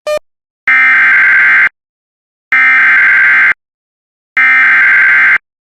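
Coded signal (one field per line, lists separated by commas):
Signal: Emergency Alert System (SAME) tones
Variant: header bursts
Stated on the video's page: Fifteen stacked headers on WJON radio: severe thunderstorm warnings, watches, EAS tests and a tornado warning.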